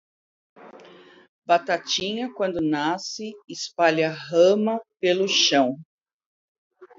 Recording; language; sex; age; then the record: short text; Brazilian Portuguese; female; 60 to 69 years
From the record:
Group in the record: control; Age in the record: 61 years